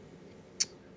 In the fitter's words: it did that before it just has a little bit less room to do that now but i can hear it once i snap it into place it works fine